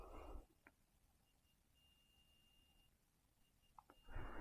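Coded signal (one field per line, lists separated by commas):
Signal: beep code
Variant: Fardriver motor controller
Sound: faint high beeps: a long tone, two short beeps, then another long tone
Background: handling noise, small room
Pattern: 2 short, 1 long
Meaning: The controller is in auto learn mode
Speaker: so if you can hear that beep beep and then a long beep that means you are an autolearn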